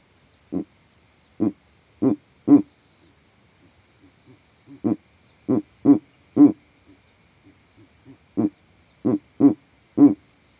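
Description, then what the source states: Verreaux's eagle owl giving deep, low grunting hoots in three bursts of four notes, each burst a few seconds apart, over a steady high-pitched cricket chorus. Male advertising his territory at night from a savanna tree; captured by an overnight recording rig set up in that same tree.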